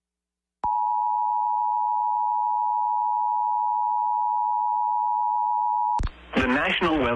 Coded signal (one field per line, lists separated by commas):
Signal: Emergency Alert System (SAME) tones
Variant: 853 and 960 Hz attention tone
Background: speech